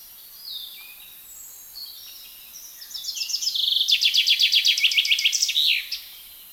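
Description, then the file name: Common chaffinch song: soft introductory notes, then a loud descending series of rapid repeated notes ending in a sharp flourish. "Fringilla coelebs"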